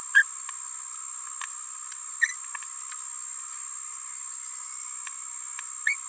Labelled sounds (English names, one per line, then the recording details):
Green-rumped Parrotlet babbling
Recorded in a nest box in Venezuela
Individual 18B17A4